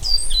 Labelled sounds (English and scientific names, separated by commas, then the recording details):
Stitchbird (Notiomystis cincta) song
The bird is a male
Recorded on Tiritiri Matangi Island, New Zealand, in 2005
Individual 10, of nest box 12